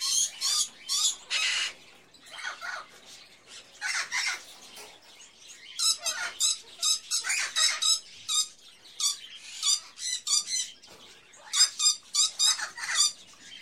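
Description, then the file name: Birds: dense chorus of many birds, rapid chattering and squawking bursts with thin whistled notes, continuous and overlapping throughout. Various birds in a pet shop, ambience. "Sound Ideas 2000 Series - Birds, Various Birds In A Pet Shop, Ambience"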